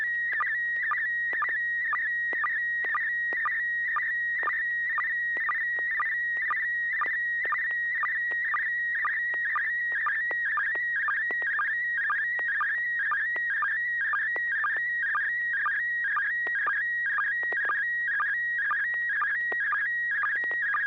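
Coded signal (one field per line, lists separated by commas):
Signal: SSTV (slow-scan television)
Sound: steady high whistle near 1.9 kHz, broken by warbling dips and short low blips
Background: low hum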